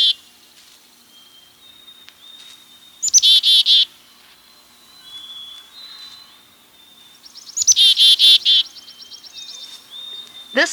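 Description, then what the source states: Black-capped chickadee calls: two harsh, buzzy chick-a-dee bursts several seconds apart. Familiar call, made by both males and females, probably used for communication within a group.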